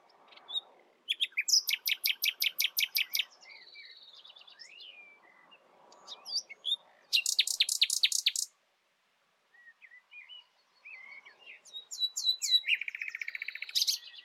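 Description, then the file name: Common nightingale song with strong pulsed runs of rapid repeated notes, a steady whistled note, brief pauses, then a rich buzzy phrase near the end. "Luscinia megarhynchos"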